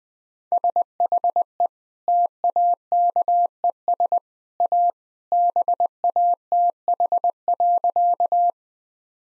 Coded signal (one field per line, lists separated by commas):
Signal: Morse code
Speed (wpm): 21 wpm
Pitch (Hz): 700 Hz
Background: none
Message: SHE TAKES A BATH.